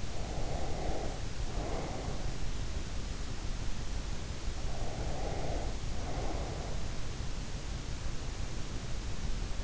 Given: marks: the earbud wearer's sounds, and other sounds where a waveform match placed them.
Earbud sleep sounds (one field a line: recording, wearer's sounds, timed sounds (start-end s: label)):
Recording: sounds in sleep by an in-ear microphone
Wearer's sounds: breath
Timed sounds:
0.00-2.19 s: breath
4.71-6.91 s: breath